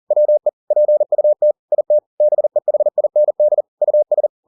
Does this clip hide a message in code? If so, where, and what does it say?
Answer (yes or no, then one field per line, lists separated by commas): yes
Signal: Morse code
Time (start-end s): 0.1-4.3 s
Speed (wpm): 40 wpm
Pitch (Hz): 600 Hz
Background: none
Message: WE PUT IT BEHIND US